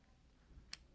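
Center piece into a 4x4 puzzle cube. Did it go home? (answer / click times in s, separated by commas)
yes / 0.7 s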